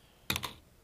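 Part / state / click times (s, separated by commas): plastic cover onto wireless door/window contact sensor base / seated / 0.3 s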